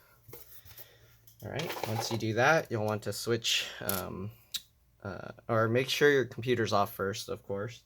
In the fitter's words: a clip here so just pull on it and you'll hear it pop just like that ok alright